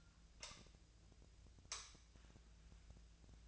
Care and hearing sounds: daily activity, microphone in the room; light on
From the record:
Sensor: 2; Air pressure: 1009.6 hPa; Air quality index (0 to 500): 181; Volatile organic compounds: 10 ppm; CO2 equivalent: 2261 ppm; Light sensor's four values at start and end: 27/66/29/32 and 32/85/36/38

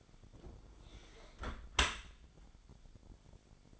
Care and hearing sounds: daily activity, microphone in the room; close dishwasher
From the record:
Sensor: 5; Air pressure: 1006.8 hPa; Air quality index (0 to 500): 184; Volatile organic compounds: 5 ppm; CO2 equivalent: 1760 ppm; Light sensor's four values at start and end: 52/145/57/57 and 51/142/56/56

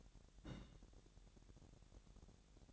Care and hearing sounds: daily activity, microphone in the room; place on stove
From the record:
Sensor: 3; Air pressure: 1012.0 hPa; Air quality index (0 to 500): 204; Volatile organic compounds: 3 ppm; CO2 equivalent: 1527 ppm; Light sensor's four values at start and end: 109/258/106/94 and 109/258/106/94

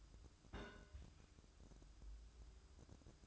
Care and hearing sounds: daily activity, microphone in the room; place on stove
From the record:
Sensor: 2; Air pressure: 1007.9 hPa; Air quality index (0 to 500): 108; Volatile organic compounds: 1 ppm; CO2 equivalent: 808 ppm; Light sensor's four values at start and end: 6/15/6/6 and 6/15/6/6

